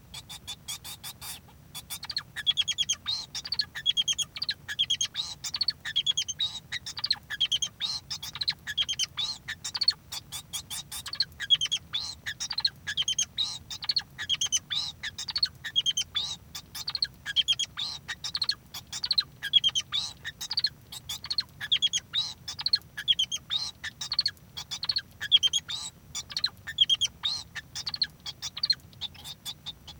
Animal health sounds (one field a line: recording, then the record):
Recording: song of a male Bengalese finch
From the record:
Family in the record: son of father 2